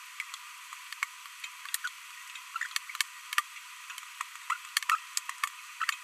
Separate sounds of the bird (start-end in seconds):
1.84-1.88, 2.61-2.66, 4.50-4.54, 4.89-4.95, 5.81-5.84